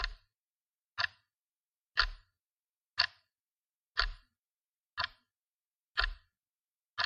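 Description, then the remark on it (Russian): A wall clock in a school office ticks steadily, one sharp click each second, eight crisp ticks with a slight low thump under each, alone in otherwise silent air. “Часы на стене звонко, методично и бездушно отщелкивали оставшиеся нам времена.”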